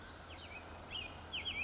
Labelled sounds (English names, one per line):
Pacific Wren